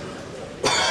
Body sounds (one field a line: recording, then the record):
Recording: coughing mixed with background sound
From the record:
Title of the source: Dry Coughing Fit in the Afternoon.